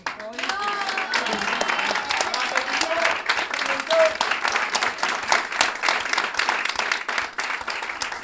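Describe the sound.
Sustained audience applause, a dense, steady wash of many hands clapping at constant loudness for several seconds, with a few brief voices and cheers poking through early on.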